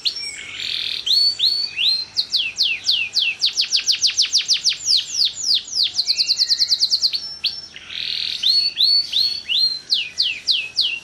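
Bird singing bursts of buzzy chatter between long rapid series of falling whistles, repeated in rolling phrases across the recording.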